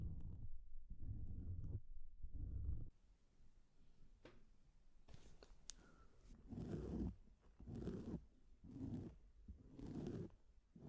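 Muffled makeup sounds: heavy low rubbing strokes for three seconds, a hush, then rhythmic brushing bursts with a few light clicks.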